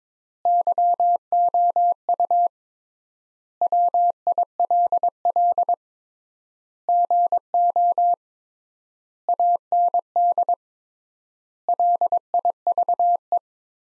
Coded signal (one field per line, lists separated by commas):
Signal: Morse code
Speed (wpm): 22 wpm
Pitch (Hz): 700 Hz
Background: none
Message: YOU WILL GO AND LIVE